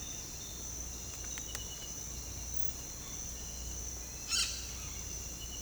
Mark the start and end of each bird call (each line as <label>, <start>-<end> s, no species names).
bird call, 4.30-4.51 s